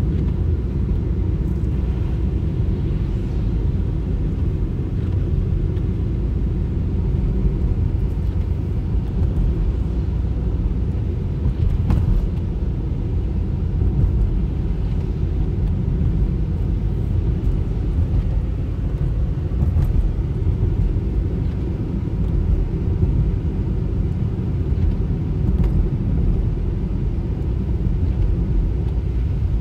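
Steady highway driving noise, a dense low rumble from the road and engine that barely changes, with faint brief clicks and ticks now and then.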